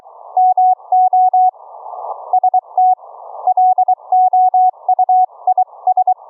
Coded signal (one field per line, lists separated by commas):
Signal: Morse code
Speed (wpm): 22 wpm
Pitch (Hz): 740 Hz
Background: none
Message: MO ST LOUIS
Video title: Experimental Homebrew Remote Rig CW keying, Remote Rig duplex audio, using an AV Linux LIVE CD